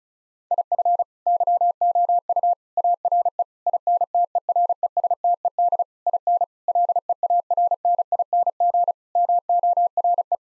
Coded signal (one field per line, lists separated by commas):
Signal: Morse code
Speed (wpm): 34 wpm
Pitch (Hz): 700 Hz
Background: none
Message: IF YOU ARE INTERESTED IN LEARNING MORE